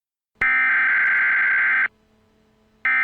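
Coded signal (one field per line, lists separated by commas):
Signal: Emergency Alert System (SAME) tones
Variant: header bursts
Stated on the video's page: Realistic simulated EAS nuclear attack warning for Greater Cincinnati and Northern Kentucky.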